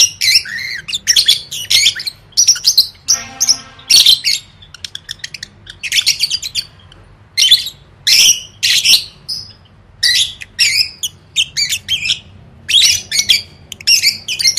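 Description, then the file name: Lovebird chattering: shrill squeaky chirps in short clusters, with a brief buzzy rattling sound early on. "tieng vet mau don"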